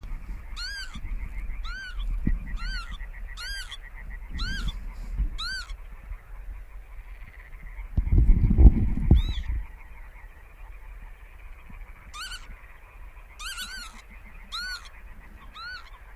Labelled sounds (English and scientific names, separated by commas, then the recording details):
Northern Lapwing (Vanellus vanellus) flight call
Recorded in the wild
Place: Warsow, Kummerower See, Mecklenburg-Vorpommern, DE
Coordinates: 53.8367, 12.8269
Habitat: grasland
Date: 2009-05-25 22:27
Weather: clear sky, ca. 15°C, weak easterly winds
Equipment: Sound Devices 702, Sennheiser MKH 70, Rycote Windschutz
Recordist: Frommolt, Karl-Heinz